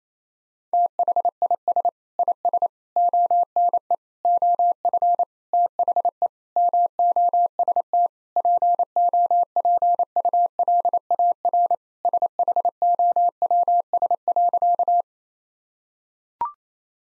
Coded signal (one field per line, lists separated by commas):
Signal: Morse code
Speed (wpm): 28 wpm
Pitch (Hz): 700 Hz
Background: none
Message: THIS IS ONE OF THE MOST POPULAR SHOWS.